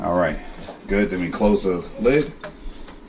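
Someone talks while handling the plastic lid of an Ouaken indoor electric composter for the kitchen, moving it toward the composter body after the inner bucket has been seated and its handle pushed down. A brief sharp tick is heard at about 2.9 s, but the lid has not yet shut and nothing has seated or clicked yet.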